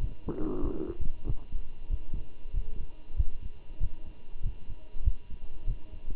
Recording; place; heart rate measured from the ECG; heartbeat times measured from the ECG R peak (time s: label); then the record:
heart sounds by stethoscope; between the tricuspid and mitral areas; 95 bpm
0.01 s: heartbeat
0.63 s: heartbeat
1.27 s: heartbeat
1.90 s: heartbeat
2.54 s: heartbeat
3.17 s: heartbeat
3.80 s: heartbeat
4.44 s: heartbeat
5.05 s: heartbeat
5.67 s: heartbeat
From the record:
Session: walking at 3.7 km/h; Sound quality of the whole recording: good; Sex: male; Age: 23 years